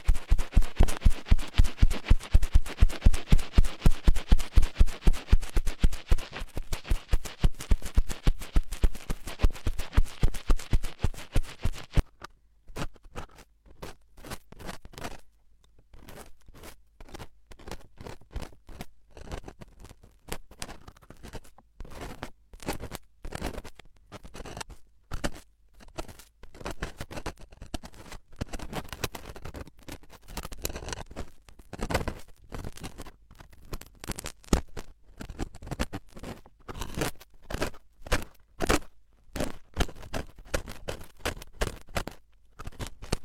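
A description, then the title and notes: Ear cleaning, heard as a rapid train of scratchy, crackling strokes. For the first twelve seconds the rubbing is dense and loud; after that it drops off into quieter, sparser clicks and scrapes that keep an uneven, busy rhythm until the end. Penetrating flow ear cleaning.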